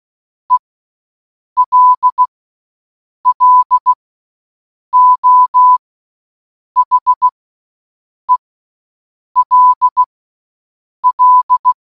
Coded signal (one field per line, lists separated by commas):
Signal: Morse code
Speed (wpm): 16 wpm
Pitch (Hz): 1000 Hz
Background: none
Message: ELLO HELL